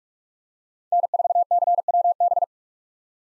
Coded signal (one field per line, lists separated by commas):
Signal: Morse code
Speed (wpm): 46 wpm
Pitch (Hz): 700 Hz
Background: none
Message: N4CWB